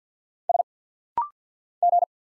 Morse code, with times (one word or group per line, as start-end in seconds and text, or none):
0.5-0.6 S
1.8-2.0 G